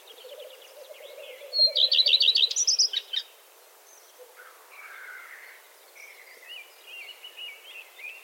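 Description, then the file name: Common redstart song: a short burst of rapid, bright repeated notes lasting about a second and a half, followed by softer scratchy twittering, over a faint low buzzing hum. "Gartenrotschwanz Gesang"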